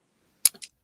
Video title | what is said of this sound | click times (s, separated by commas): Mid week break on my back step | plier section slides up and locks into place | 0.5 s